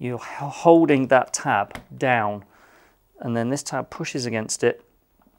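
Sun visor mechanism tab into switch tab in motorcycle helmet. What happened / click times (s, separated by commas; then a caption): The small plastic tab is being positioned but has not clicked into place / none. Someone talks while holding down the top switch of a Caberg Duke Evo motorcycle helmet so its tab stays down, as the plastic tab of the sun visor mechanism is pushed against it. Speech fills most of the clip, followed by quiet handling and a faint tick near the end. Nothing has seated or clicked into place yet.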